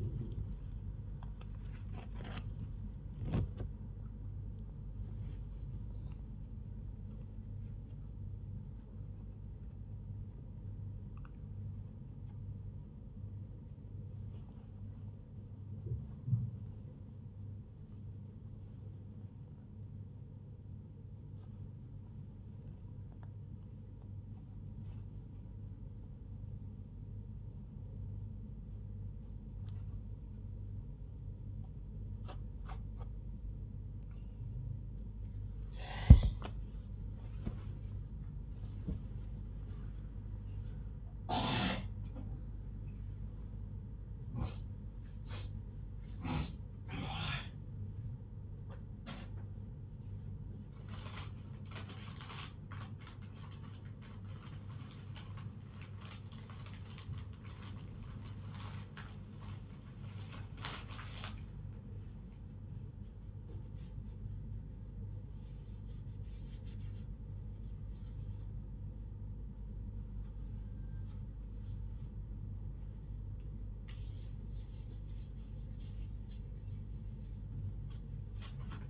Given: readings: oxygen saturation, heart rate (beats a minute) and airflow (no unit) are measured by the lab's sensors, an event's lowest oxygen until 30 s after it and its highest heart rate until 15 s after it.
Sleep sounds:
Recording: a person awake in a sleep study, by a smartphone at the bedside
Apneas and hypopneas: none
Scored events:
none scored
From the record:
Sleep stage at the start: awake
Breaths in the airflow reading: 29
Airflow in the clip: -0.7 to 0.8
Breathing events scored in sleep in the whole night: 158 in 7.3 hours asleep

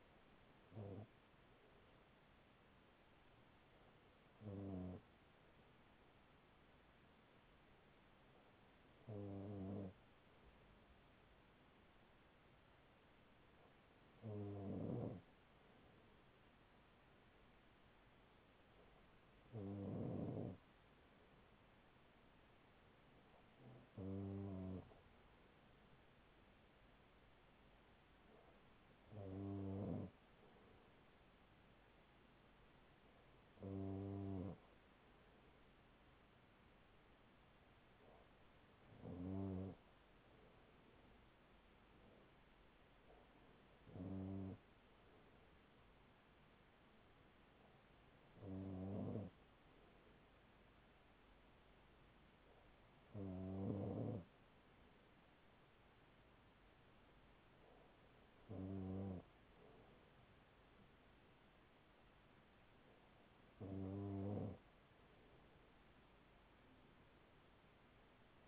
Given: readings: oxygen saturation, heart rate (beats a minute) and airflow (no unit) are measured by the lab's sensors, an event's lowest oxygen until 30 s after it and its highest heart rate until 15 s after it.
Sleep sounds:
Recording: breathing in sleep by a voice recorder at the bedside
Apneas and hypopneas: none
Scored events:
none scored
From the record:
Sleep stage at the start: N2 (light sleep)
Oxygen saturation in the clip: 94 to 96%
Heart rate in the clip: 39 to 43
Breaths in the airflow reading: 14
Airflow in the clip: -5.3 to 5.0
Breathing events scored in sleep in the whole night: 207 in 7.6 hours asleep

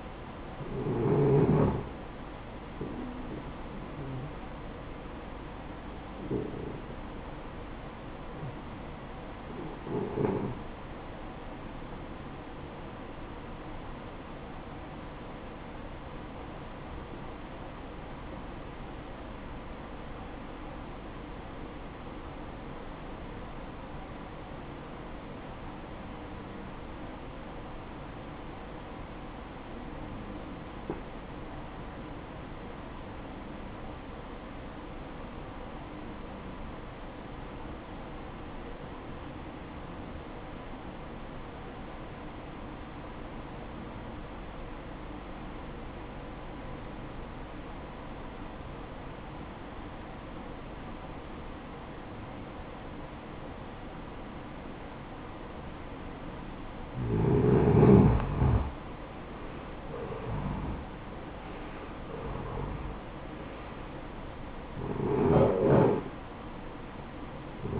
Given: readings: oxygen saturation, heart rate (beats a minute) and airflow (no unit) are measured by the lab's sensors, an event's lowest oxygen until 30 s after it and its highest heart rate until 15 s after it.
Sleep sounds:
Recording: breathing in sleep by a voice recorder at the bedside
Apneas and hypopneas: 1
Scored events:
15.00-58.20 s: obstructive apnea (REM, oxygen 96% highest, then 79% lowest, heart rate 68 at the start, 74 highest)
From the record:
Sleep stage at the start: REM sleep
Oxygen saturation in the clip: 81 to 96%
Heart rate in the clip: 54 to 74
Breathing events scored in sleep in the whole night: 573 in 9.8 hours asleep

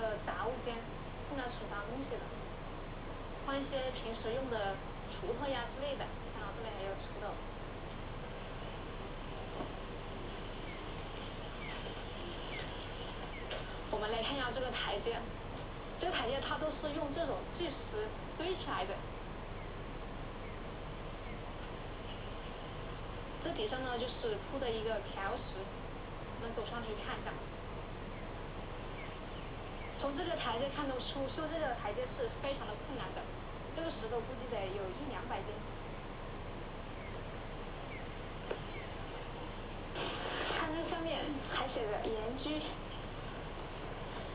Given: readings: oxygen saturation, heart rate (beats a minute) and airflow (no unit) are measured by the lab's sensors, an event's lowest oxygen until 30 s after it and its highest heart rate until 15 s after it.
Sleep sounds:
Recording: a person awake in a sleep study, by a voice recorder at the bedside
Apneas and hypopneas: none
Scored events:
0.00-44.35 s: awake
From the record:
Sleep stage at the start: awake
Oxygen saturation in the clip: 94%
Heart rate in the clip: 62 to 66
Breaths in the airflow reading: 15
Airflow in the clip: -5.4 to 5.1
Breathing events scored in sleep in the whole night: 476 in 9.7 hours asleep

